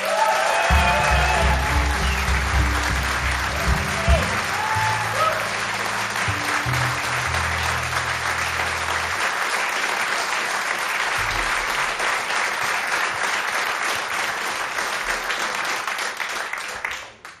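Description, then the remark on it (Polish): A concert audience applauds steadily for about seventeen seconds as a saxophonist comes on stage and another musician is introduced, a dense, even wash of clapping. Low humming tones sit underneath during the first half, and the clapping cuts off abruptly at the end. “Proszę o jeszcze gorętsze oklaski.”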